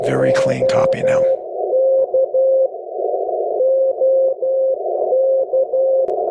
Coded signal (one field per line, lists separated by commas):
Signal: Morse code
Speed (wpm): 12 wpm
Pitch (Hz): 530 Hz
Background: speech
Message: OK OK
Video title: LICW Haptic CW Decoder--Feel the Code!